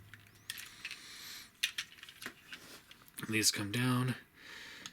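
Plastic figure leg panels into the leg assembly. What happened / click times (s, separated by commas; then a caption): Plastic leg panels handled, not yet locked in / none. Two plastic leg panels on a Transformers Studio Series 86 Optimus Prime action figure are folded down toward the leg assembly during its transformation, with light plastic handling taps and rustles while someone talks. The clip ends before the panels go home; nothing has seated or locked into place yet.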